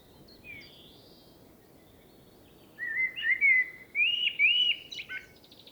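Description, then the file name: Blackbird singing: after a quiet start, rich fluted whistles rise and fall in a run of loud phrases, ending in a short high twitter. "Turdus merula"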